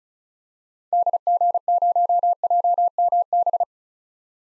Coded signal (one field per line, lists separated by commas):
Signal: Morse code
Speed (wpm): 36 wpm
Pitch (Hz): 700 Hz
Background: none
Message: DG0JMB